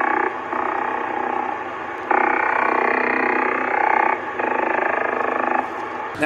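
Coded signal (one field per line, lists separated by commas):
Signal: radar signal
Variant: over-the-horizon radar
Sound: rapid rasping buzz of fast repeating pulses in long bursts with brief breaks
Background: radio static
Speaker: that little clip there was from my icom in the house i've heard that sound before somebody else on youtube had put it up like four years ago and it sounds like an over the horizon radar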